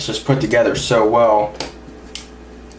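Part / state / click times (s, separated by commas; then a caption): ambidextrous thumb safety part into pistol frame / not seated / none. The ambidextrous half of the thumb safety on a Colt 1911 Rail Gun is pushed onto the pistol frame to snap it into place, but the fit is very tight. Someone talks for the first second and a half, followed by a sharp tick at 2.2 s and a faint one at 2.7 s. The safety has not snapped in yet, and it needs more pushing.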